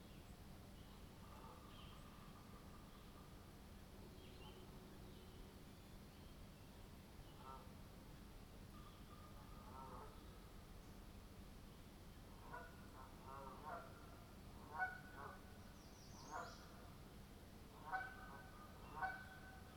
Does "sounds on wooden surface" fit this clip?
no